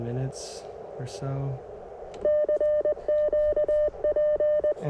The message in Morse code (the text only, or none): CQP